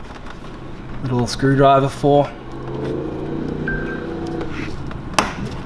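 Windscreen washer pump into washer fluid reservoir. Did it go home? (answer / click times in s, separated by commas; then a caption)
yes / 5.2 s. A Hyundai Getz windscreen washer pump is pushed into the grommet of the washer fluid reservoir and pressed until its top plastic clip, the one that earlier needed a little screwdriver, grabs. Someone talks over the work. A sharp click at 5.2 seconds marks the clip snapping home and the pump seating.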